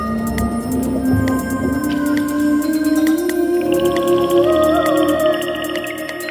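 Dolphin whistles and clicks: a whistle rising then gliding level midway through, over rapid click trains and steady tonal hums.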